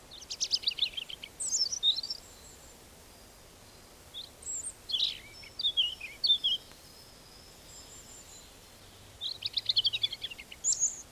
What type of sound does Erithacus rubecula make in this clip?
song